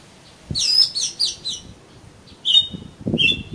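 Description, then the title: Oriental magpie-robin producing a few buzzy high notes followed by two long flat whistles, with some low thumping in the background. "Kacer Kacer"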